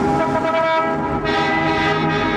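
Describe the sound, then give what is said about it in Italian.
A car horn blares at an intersection after the light has turned green, one long, steady honk lasting a couple of seconds, a loud, buzzy, harmonic tone that brightens slightly midway, with no voices. “Il suono di un clacson riportò Mansur al suo incrocio.”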